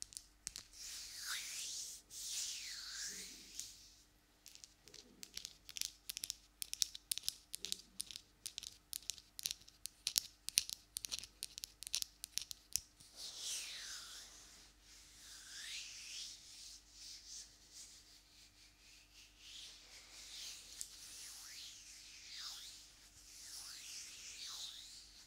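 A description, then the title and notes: Hands move and rub, with long nails scratching and brushing in soft, bright swishes. Around the middle, a run of quick, sharp nail taps clicks out a fast, uneven rhythm before the slow rubbing resumes. A faint low hum sits underneath throughout. ASMR Hands Sounds Movements Long Nails.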